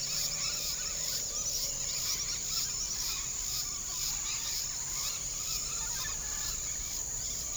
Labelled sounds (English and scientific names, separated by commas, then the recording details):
Red-bellied Macaw (Orthopsittaca manilatus), Yellow-crowned Amazon (Amazona ochrocephala), Bright-rumped Attila (Attila spadiceus)
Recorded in pastures near Puerto Asís, Putumayo, Colombia, on 20 February 2024 at 06:30
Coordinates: 0.486, -76.323
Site G6462